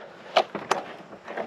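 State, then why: Seated. A spark plug wire boot is pushed onto the spark plug of a Westinghouse portable generator. Sharp clicks sound at 0.4 s and 0.7 s, with a softer tap near 0.6 s and a low rustle around 1.3 s. The boot snaps on and is seated.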